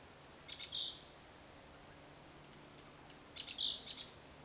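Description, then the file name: Great tit calling twice, each a quick cluster of high clicks running into a thin whistled note, the two bursts about three seconds apart. "Parus major"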